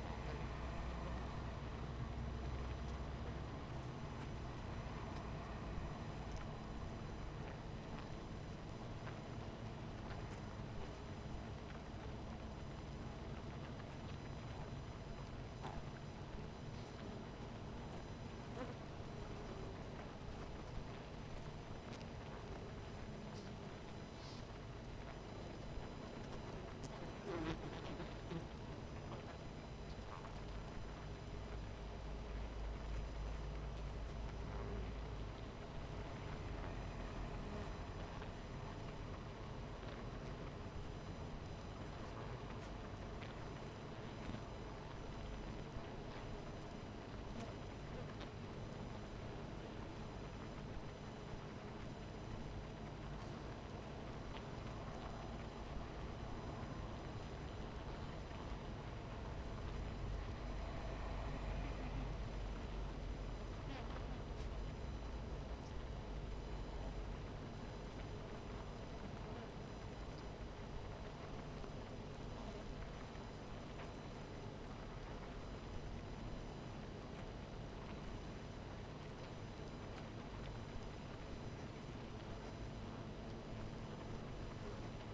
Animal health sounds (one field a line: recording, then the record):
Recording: honeybee colony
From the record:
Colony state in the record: missing queen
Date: 14 July 2017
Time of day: 12:06